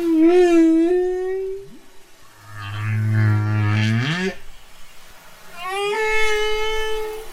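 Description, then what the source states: Humpback whale song: long tonal moans, a deep groaning unit that rises at the end, and swooping upsweeps, repeated in a slow flowing sequence. Courtship song of a humpback whale bull, sung to win a female.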